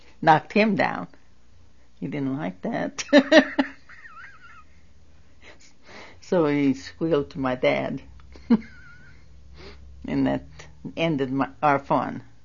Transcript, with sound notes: knocked him down. He didn't like that. (She laughs.) So he squealed to my dad, and that ended our fun.